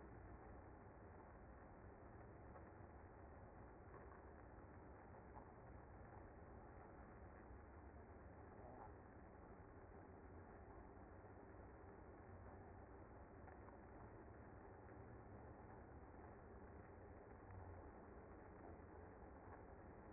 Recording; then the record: honeybee colony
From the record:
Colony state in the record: active